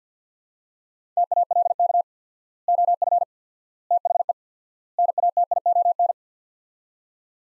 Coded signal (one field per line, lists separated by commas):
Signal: Morse code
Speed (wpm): 45 wpm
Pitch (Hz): 700 Hz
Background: none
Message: TALK OF THE NATION